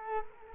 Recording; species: mosquito wingbeat signal from an infrared sensor; Culex quinquefasciatus